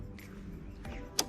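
A hand squeezes the brake lever on a TVS NTORQ 125 Race Edition scooter handlebar and presses the lever's parking lock tab. Two faint ticks at 0.2 and 0.9 s lead up to one sharp, loud click at 1.2 s as the brake lever lock clicks on and seats.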